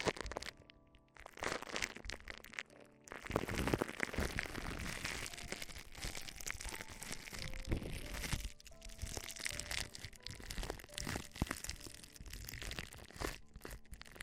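Ear-exploration sounds: dense crackling, crinkling and crushing textures that fill nearly the whole clip with fast, irregular taps and rustles. A quieter pause near the start around one to three seconds, then steady busy scratching continues, with brief tonal squeaks around the middle.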